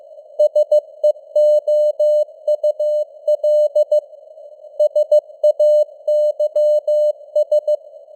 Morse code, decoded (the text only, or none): SEOUL SAYS